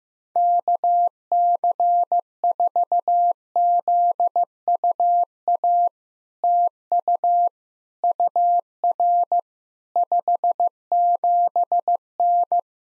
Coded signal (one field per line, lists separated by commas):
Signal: Morse code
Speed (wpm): 15 wpm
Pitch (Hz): 700 Hz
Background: none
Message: KC4ZUA TU UR 57N